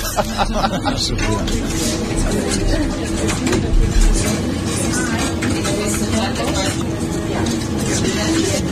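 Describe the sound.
Low, soft pigeon cooing murmurs beneath a steady wash of traffic noise and indistinct voices, with faint higher bird chirps scattered through the first second or two.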